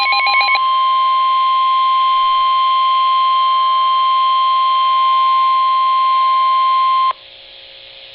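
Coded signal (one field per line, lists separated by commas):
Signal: Emergency Alert System (SAME) tones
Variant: 1050 Hz attention tone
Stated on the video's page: NOAA Weather Radio severe thunderstorm warning on 162.400 MHz, Baltimore, Maryland, recorded live.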